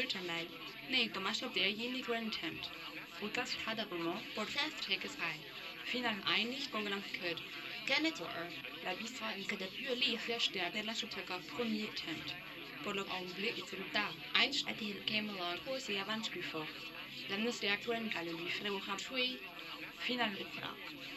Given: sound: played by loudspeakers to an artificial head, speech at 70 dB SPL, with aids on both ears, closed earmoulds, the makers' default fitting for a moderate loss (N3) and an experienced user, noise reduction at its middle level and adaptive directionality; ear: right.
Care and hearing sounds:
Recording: speech test signal (ISTS) in cocktail-party noise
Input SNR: +9 dB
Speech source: in front (0 degrees)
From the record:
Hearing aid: class 1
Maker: D

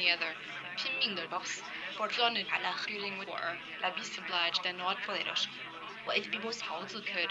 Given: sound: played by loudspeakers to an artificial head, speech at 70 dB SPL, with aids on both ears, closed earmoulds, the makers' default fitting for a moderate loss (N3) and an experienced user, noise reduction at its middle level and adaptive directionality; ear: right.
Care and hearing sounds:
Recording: speech test signal (ISTS) in cocktail-party noise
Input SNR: 0 dB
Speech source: on the right (90 degrees)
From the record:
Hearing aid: class 1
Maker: F

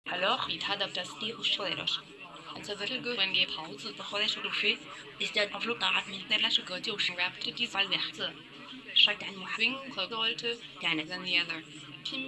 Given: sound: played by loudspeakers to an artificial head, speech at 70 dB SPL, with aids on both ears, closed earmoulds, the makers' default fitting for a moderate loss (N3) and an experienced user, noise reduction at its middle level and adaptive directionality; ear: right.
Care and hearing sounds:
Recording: speech test signal (ISTS) in cocktail-party noise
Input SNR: +6 dB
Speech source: on the right (90 degrees)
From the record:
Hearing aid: class 1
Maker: C

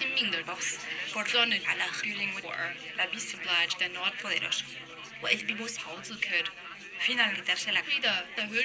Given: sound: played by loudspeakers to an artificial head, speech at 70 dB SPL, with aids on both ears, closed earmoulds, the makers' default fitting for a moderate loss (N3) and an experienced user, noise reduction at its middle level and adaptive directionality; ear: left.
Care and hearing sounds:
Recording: speech test signal (ISTS) in cocktail-party noise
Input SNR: +6 dB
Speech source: in front (0 degrees)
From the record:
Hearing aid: class 2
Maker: G

